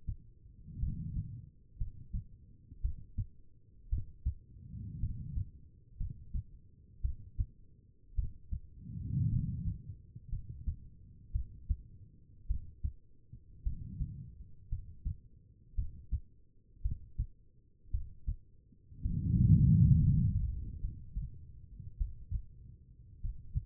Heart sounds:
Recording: heart sounds by stethoscope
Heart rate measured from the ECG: 56 bpm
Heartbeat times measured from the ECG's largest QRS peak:
0.80 s: heartbeat
1.78 s: heartbeat
2.82 s: heartbeat
3.90 s: heartbeat
5.00 s: heartbeat
5.98 s: heartbeat
7.02 s: heartbeat
8.15 s: heartbeat
9.30 s: heartbeat
10.30 s: heartbeat
11.32 s: heartbeat
12.47 s: heartbeat
13.63 s: heartbeat
14.69 s: heartbeat
15.75 s: heartbeat
16.82 s: heartbeat
17.91 s: heartbeat
19.02 s: heartbeat
19.97 s: heartbeat
20.80 s: heartbeat
21.97 s: heartbeat
23.20 s: heartbeat
From the record:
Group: healthy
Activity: rest 0-20 s, breath hold 20-24 s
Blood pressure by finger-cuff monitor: 86/55 mmHg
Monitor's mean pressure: 64 mmHg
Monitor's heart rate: 56 bpm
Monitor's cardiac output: 4.3 L/min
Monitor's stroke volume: 76 mL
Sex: female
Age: 36 years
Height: 163 cm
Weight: 88 kg

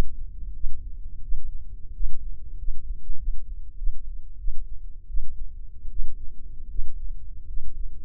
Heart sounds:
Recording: heart sounds by microphone in the left ear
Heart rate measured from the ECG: 87 bpm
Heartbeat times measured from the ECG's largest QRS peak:
0.52 s: heartbeat
1.21 s: heartbeat
1.92 s: heartbeat
2.55 s: heartbeat
3.16 s: heartbeat
3.75 s: heartbeat
4.36 s: heartbeat
5.06 s: heartbeat
5.88 s: heartbeat
6.67 s: heartbeat
7.45 s: heartbeat
From the record:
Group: healthy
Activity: rest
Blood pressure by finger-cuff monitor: 124/90 mmHg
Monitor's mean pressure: 101 mmHg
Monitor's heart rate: 88 bpm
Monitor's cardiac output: 6.4 L/min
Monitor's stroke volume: 69 mL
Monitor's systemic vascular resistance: 1160 dyn s/cm5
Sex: male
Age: 21 years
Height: 180 cm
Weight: 67.5 kg

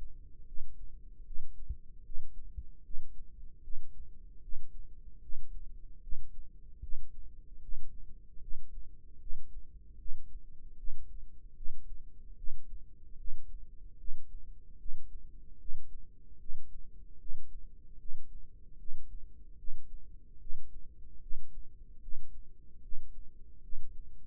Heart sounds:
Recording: heart sounds by microphone in the left ear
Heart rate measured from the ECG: 75 bpm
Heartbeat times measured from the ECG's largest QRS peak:
0.46 s: heartbeat
1.25 s: heartbeat
2.04 s: heartbeat
2.84 s: heartbeat
3.63 s: heartbeat
4.42 s: heartbeat
5.22 s: heartbeat
6.02 s: heartbeat
6.82 s: heartbeat
7.61 s: heartbeat
8.41 s: heartbeat
9.19 s: heartbeat
9.98 s: heartbeat
10.77 s: heartbeat
11.55 s: heartbeat
12.36 s: heartbeat
13.17 s: heartbeat
13.98 s: heartbeat
14.78 s: heartbeat
15.58 s: heartbeat
16.38 s: heartbeat
17.18 s: heartbeat
17.98 s: heartbeat
18.78 s: heartbeat
19.57 s: heartbeat
20.39 s: heartbeat
21.20 s: heartbeat
22.01 s: heartbeat
22.81 s: heartbeat
23.62 s: heartbeat
From the record:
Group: healthy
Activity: breath hold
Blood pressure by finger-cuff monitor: 124/76 mmHg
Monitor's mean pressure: 92 mmHg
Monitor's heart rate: 75 bpm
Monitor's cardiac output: 5.9 L/min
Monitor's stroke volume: 78 mL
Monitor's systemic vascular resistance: 1140 dyn s/cm5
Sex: female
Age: 37 years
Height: 168 cm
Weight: 70 kg

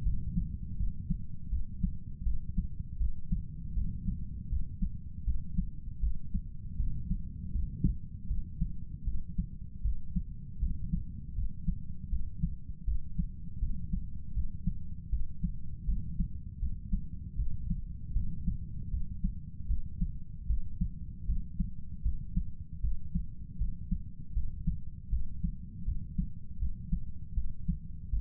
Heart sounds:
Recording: heart sounds by stethoscope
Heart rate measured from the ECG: 79 bpm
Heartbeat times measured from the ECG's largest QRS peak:
0.03 s: heartbeat
0.77 s: heartbeat
1.50 s: heartbeat
2.24 s: heartbeat
2.98 s: heartbeat
3.74 s: heartbeat
4.49 s: heartbeat
5.24 s: heartbeat
6.00 s: heartbeat
6.77 s: heartbeat
7.52 s: heartbeat
8.27 s: heartbeat
9.04 s: heartbeat
9.82 s: heartbeat
10.60 s: heartbeat
11.35 s: heartbeat
12.09 s: heartbeat
12.85 s: heartbeat
13.59 s: heartbeat
14.33 s: heartbeat
15.10 s: heartbeat
15.86 s: heartbeat
16.59 s: heartbeat
17.36 s: heartbeat
18.13 s: heartbeat
18.90 s: heartbeat
19.67 s: heartbeat
20.47 s: heartbeat
21.26 s: heartbeat
22.03 s: heartbeat
22.81 s: heartbeat
23.58 s: heartbeat
24.33 s: heartbeat
25.10 s: heartbeat
25.85 s: heartbeat
26.59 s: heartbeat
27.34 s: heartbeat
28.10 s: heartbeat
From the record:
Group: healthy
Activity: cold pressor test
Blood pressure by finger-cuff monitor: 115/65 mmHg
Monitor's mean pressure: 79 mmHg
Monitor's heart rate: 79 bpm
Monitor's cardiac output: 7.8 L/min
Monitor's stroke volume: 98 mL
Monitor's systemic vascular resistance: 740 dyn s/cm5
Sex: male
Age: 35 years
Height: 180 cm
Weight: 86.9 kg

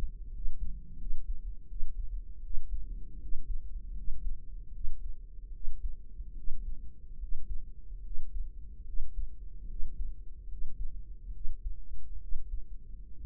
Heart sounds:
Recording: heart sounds by microphone in the right ear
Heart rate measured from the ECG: 75 bpm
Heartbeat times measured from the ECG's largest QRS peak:
0.30 s: heartbeat
0.96 s: heartbeat
1.66 s: heartbeat
2.40 s: heartbeat
3.18 s: heartbeat
3.93 s: heartbeat
4.70 s: heartbeat
5.50 s: heartbeat
6.33 s: heartbeat
7.17 s: heartbeat
8.01 s: heartbeat
8.83 s: heartbeat
9.65 s: heartbeat
10.46 s: heartbeat
11.30 s: heartbeat
12.17 s: heartbeat
13.18 s: heartbeat
From the record:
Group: healthy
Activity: rest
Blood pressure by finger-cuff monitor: 112/76 mmHg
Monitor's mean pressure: 85 mmHg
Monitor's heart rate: 78 bpm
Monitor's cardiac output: 5.6 L/min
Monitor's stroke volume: 70 mL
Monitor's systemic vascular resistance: 1120 dyn s/cm5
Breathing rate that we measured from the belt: 18 breaths a minute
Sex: female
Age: 23 years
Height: 160 cm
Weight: 50.4 kg

